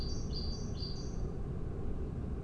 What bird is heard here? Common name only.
Great Tit